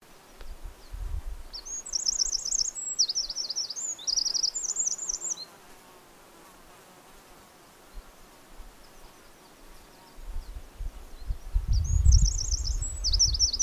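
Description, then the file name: Eurasian wren singing two bursts of fast, shrill, rattling trills, the second starting after a pause of several seconds, with intermittent wind rumble. "Troglodytes troglodytes"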